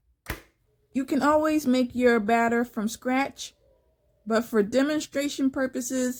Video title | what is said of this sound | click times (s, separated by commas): NINJA WOODFIRE GRILL, AIR FRIED CHICKEN & WAFFLES | and so you hear a click | 0.3 s